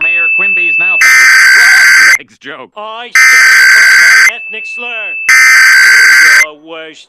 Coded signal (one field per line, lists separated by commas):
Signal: Emergency Alert System (SAME) tones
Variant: header bursts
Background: speech